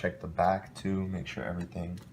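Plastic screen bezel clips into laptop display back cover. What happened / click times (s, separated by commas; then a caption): Handled, not yet home: no seating click, only speech / none. Someone talks while handling an Asus K55A DS71 laptop screen during an LCD replacement, checking the back where the plastic screen bezel clips go into the laptop display back cover. Only speech is heard, with no distinct clicks. Nothing has seated or clicked yet.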